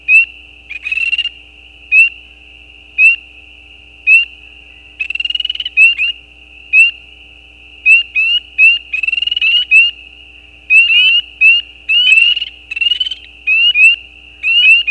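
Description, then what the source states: Spring peepers giving short, sharp upslurred peeps, irregularly spaced and sometimes in quick clusters, over a steady high-pitched chorus hum. Mating calls, calls individual with gaps; recorded at the side of a gravel road at night.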